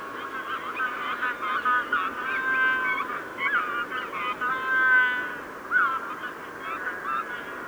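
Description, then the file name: Magellanic penguin chorus, many harmonic brays overlapping, with wavering notes and quick pulsed honks running through the whole stretch. Evening chorus of Magellanic penguins. "Magellan Pinguin Abendkonzert"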